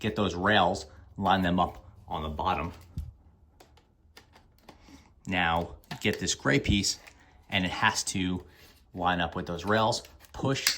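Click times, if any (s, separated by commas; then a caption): none. A clear plastic dust bin is oriented and slid onto the rails at the bottom of a Dyson V9 Digital Slim handheld vacuum's motor unit, with a gray piece to be lined up with those rails and pushed home afterward. Someone talks while light contact taps sound between about 3.0 and 4.7 seconds. Nothing has clicked or seated yet.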